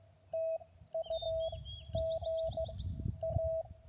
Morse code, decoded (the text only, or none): TU GA